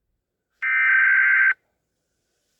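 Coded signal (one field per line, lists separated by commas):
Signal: Emergency Alert System (SAME) tones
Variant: header bursts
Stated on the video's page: Fictional EAS scenario shown on TV.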